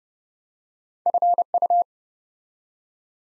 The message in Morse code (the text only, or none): FU